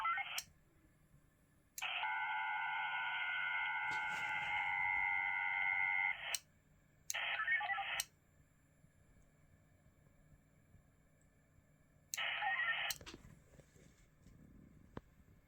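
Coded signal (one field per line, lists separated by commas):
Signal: HF data modem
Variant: VARA HF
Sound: hissy data bursts alternating with short replies: one long four-second burst, three short ones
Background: faint low hum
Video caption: [Wireless Winlink session]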